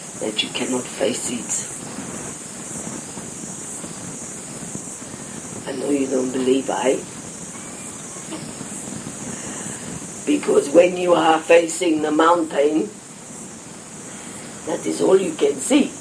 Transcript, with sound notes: that you cannot face it. I know you don't believe I. (Laughter) Because when you are facing the mountain that is all you can see.